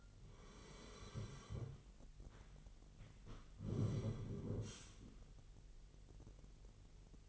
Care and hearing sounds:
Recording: daily activity, microphone in the room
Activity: sit down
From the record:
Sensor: 4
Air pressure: 999.3 hPa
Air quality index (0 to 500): 114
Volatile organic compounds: 2 ppm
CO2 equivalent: 1127 ppm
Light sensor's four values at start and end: 12/30/12/13 and 13/30/12/13

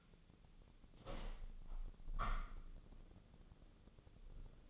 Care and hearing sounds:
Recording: daily activity, microphone in the room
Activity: open window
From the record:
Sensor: 4

